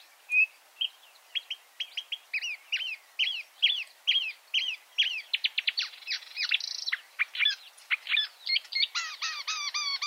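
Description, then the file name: Marsh warbler song, a lively medley of whistled slurs, sharp chips and rattles, each phrase repeated a few times before switching, ending in repeated chirped notes. "suara kicauan burung marsh warbler. omkicau"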